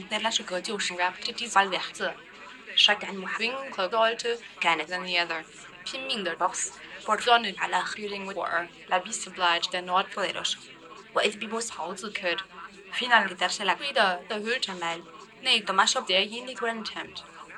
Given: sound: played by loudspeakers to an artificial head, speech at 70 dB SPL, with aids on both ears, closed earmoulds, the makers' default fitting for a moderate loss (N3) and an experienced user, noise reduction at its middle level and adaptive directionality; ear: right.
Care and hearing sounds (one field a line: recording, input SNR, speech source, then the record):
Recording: speech test signal (ISTS) in cocktail-party noise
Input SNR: +6 dB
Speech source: on the right (90 degrees)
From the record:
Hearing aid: class 2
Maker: E